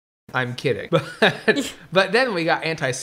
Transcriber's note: laughter